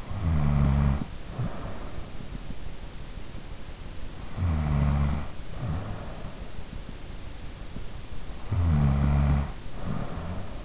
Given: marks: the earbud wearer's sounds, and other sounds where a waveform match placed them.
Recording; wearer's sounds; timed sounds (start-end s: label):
sounds in sleep by an in-ear microphone; snoring breath
0.00-2.38 s: snoring breath
4.41-6.55 s: snoring breath
8.58-10.65 s: snoring breath